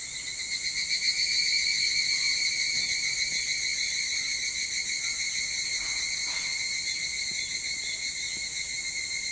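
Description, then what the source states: Evening cicada song: a steady, ringing pulsed buzz with bright high bands, throbbing rapidly and continuously, easing slightly in loudness toward the end. Recorded 22 July 2023 at 04:40.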